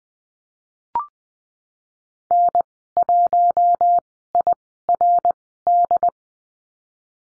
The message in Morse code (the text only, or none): N1IRD